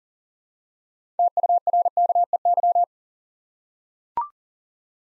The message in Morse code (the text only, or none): TURKEY